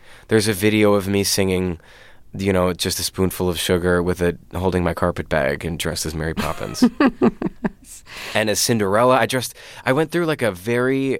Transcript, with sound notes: There's a video of me singing, you know, just "A Spoonful Of Sugar" with - holding my carpet bag and dressed as Mary Poppins. (Laughter) And as Cinderella, I dressed - I went through, like, a very